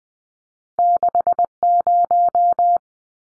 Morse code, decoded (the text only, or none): 60